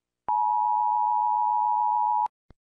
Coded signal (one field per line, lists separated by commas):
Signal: Emergency Alert System (SAME) tones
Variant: 853 and 960 Hz attention tone